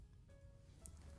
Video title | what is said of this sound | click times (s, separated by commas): Ep. 2: Understand Your Sewing Machine, How to thread the machine | You would then lift the latch and push the case back in until it kind of pops into place. | 0.9 s